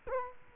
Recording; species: mosquito wingbeat signal from an infrared sensor; Culex quinquefasciatus